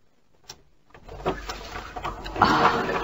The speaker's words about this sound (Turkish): Vay canına, kütüphane kapı gibi açılmaya başladı. Evet tatlım, bunu kocamın babası yaptırmış.